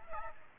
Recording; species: mosquito wingbeat signal from an infrared sensor; Aedes aegypti